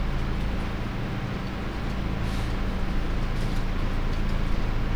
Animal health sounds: poultry house recording; no chicken sound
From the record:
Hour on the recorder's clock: 21

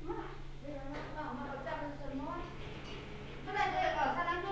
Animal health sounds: poultry house recording; no chicken sound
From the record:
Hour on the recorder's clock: 14

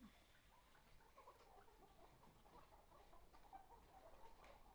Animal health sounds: poultry house recording; healthy chickens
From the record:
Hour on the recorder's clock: 11

